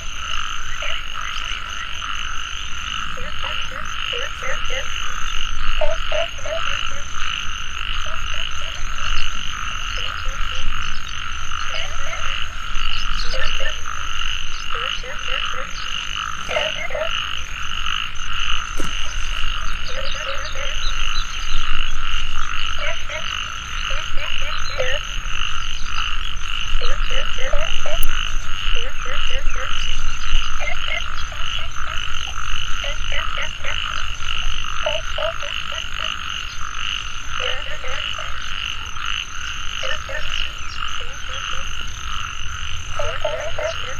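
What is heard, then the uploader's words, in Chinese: A dense evening chorus of frogs croaks steadily throughout, with short repeated low calls every second or two over a constant high insect-like trill. 声音都是我亲自去田野里录的。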